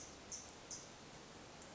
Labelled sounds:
California Towhee (Melozone crissalis)
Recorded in Sonoma County, California

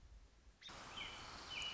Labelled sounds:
American Robin (Turdus migratorius)
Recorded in Sonoma County, California

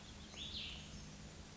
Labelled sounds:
Cassin's Vireo (Vireo cassinii)
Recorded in Sonoma County, California

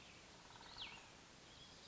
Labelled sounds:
Cassin's Vireo (Vireo cassinii)
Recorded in Sonoma County, California

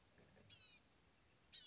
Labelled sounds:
Blue-gray Gnatcatcher (Polioptila caerulea)
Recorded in Sonoma County, California

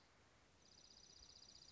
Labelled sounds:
Dark-eyed Junco (Junco hyemalis)
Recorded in Sonoma County, California

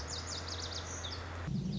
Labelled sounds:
Lazuli Bunting (Passerina amoena)
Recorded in Sonoma County, California

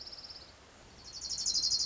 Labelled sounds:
Orange-crowned Warbler (Leiothlypis celata)
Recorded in Sonoma County, California

